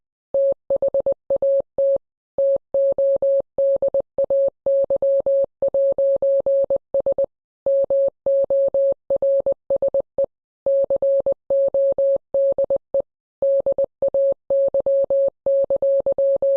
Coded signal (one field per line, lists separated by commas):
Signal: Morse code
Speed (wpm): 20 wpm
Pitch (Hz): 550 Hz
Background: none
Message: THAT TODAY'S MORSE CODE DAY!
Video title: happy Morse code day!! #calendar #calendarman #morse #morsecode #April #April27th #thursday #code